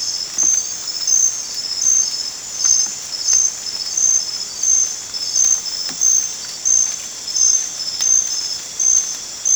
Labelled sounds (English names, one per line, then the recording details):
none
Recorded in dense forest near Puerto Asís, Putumayo, Colombia, on 29 June 2025 at 23:30
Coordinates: 0.484, -76.317
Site G045